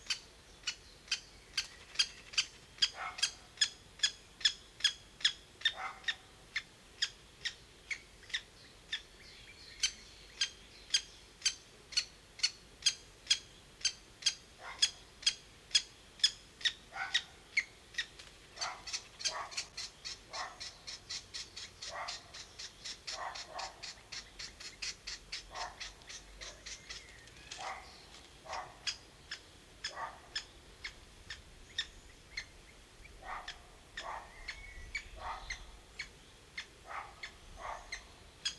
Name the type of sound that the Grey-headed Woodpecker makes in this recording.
begging call